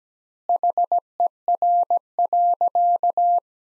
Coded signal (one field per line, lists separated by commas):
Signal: Morse code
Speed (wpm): 17 wpm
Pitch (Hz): 700 Hz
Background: none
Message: HER.